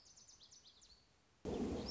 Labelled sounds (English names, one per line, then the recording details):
Lazuli Bunting
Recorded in Sonoma County, California